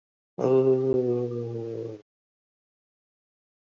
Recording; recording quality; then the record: sustained vowel as in boot; excellent, no background noise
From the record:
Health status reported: recovered from COVID-19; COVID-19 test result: positive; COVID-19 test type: RT-PCR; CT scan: not taken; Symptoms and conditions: none ticked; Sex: male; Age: 41 years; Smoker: no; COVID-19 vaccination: both doses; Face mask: worn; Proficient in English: yes